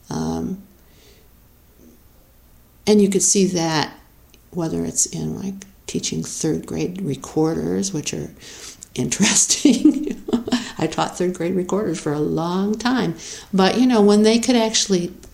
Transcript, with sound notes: And you can see that, whether it's in teaching third grade recorders, which are… interesting. [laughs] I taught third grade recorders for a long time! But you know, when they can actually